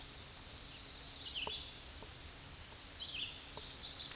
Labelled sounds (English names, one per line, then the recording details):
Red-eyed Vireo song
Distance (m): 30 m
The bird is about 15 m above the microphone
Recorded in a Pennsylvania forest on 16 May 2024 at 08:17
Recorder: AudioMoth, point MSD-2208
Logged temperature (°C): 15.2 °C
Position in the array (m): 166 m, 69 m